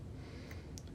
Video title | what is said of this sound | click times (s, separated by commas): How To Change The Turn Signal/Headlamp Dimmer Switch in a 2008 Chevrolet Equinox | push that in till it snaps if it doesn't snap in all the way can see it's not going in all the way | 0.8 s